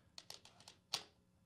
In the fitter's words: it just pops right in there literally I can pop it right back out